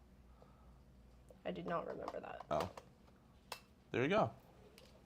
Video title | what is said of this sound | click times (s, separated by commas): Come Prep Our Video Gear With Me For Star Of The Seas! | And it clicks right in. | 4.8 s